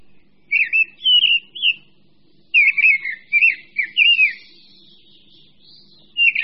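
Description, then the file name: Mistle thrush singing loud fluty phrases of several wavering notes, with pauses between phrases. "Drozd-brávník"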